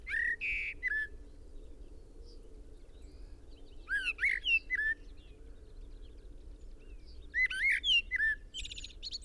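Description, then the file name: Common blackbird: clear whistled phrases ending in thin high squeaks, three groups of notes spaced a few seconds apart, low hum throughout. "Turdus merula"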